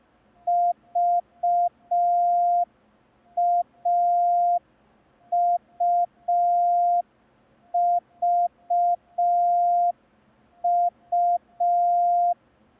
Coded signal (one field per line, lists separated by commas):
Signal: Morse code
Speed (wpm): 5 wpm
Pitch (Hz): 700 Hz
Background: none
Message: VAUVU